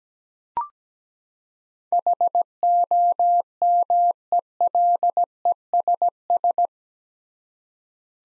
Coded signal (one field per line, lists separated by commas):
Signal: Morse code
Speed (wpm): 17 wpm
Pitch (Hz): 700 Hz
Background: none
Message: HOMELESS